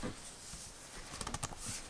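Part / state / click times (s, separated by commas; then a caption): rugged protective case onto a tablet / partly seated / none. A large rugged plastic/rubber protective case is pressed onto a Galaxy Tab S10 Ultra tablet, expecting it to snap on. A low rumble of handling runs through the clip, and a quick run of sharp taps and creaks lands between about 1.2 and 1.45 s. Nothing has clicked or seated yet, and the top edge of the case is not fully snapped on.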